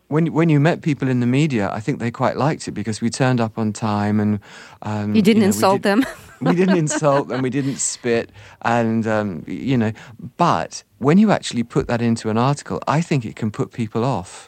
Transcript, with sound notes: When you met people in the media, I think they quite liked it because we turned up on time and...
You didn't insult them (laughter).
We didn't insult them. We didn't spit. And, you know, but when you actually put that into an article, I think it can put people off.